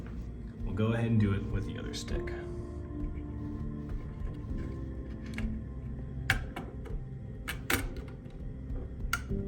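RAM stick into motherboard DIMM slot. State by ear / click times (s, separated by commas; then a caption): seated / 6.3 s, 9.1 s. A second RAM stick is pressed into a motherboard DIMM slot, one side and then the other, while someone talks over background music. It seats with sharp clicks at 6.3 s and 9.1 s.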